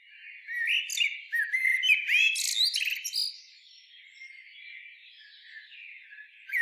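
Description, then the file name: Common blackbird song: a fluty warbled phrase that breaks into high, squeaky twittering notes, followed by a few seconds of quiet background. "Turdus merula"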